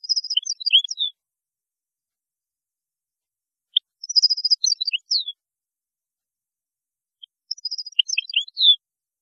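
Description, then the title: European goldfinch song: three similar phrases of rapid tinkling trills and twitters, repeated roughly every four seconds with silence between. "Chant Chardonneret"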